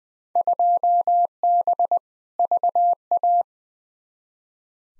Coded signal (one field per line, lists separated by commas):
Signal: Morse code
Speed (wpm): 20 wpm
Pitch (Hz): 700 Hz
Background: none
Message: 2B VA